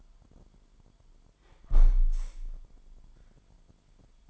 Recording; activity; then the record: daily activity, microphone in the room; close window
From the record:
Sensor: 5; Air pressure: 998.7 hPa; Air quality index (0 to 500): 105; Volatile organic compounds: 2 ppm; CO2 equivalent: 1212 ppm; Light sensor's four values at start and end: 57/141/58/66 and 57/141/58/66